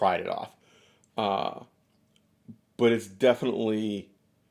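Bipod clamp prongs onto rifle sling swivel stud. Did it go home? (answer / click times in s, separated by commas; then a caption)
no / none. Someone talks while handling a bipod whose two clamp prongs go onto a rifle's sling swivel stud mount, with a brief faint tap near 2.2 s between phrases. Nothing has seated or clicked into place yet.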